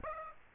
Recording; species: mosquito wingbeat signal from an infrared sensor; Aedes aegypti